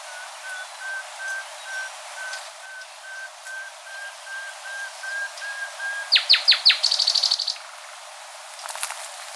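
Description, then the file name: Common nightingale song: long series of soft, evenly spaced low whistled notes, then loud descending whistles followed by a fast high rattling trill, with a final clicking burst. "Luscinia megarhynchos"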